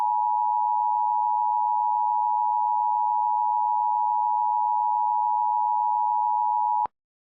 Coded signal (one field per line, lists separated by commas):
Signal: Emergency Alert System (SAME) tones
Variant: 853 and 960 Hz attention tone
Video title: Keon.exe 6 - EAS Scenario